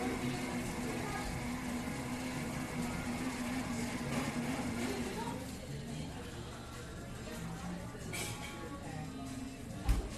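Coffee shop ambience: a steady murmur of voices and low hum fills the clip, with a faint tonal whine in the first half that fades after about five seconds. Occasional soft clinks and clatters appear, and a sharper knock lands near the end.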